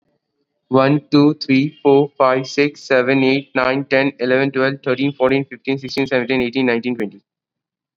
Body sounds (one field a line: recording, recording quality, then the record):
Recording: counting at a fast pace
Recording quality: excellent, no background noise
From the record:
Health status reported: COVID-19 positive, mild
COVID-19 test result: positive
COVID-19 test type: RT-PCR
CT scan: not taken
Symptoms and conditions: cough, sore throat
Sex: male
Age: 18 years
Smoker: no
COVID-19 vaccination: both doses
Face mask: worn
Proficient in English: yes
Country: India